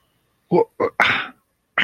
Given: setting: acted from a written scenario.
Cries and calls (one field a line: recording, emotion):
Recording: vocal sound without words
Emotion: confusion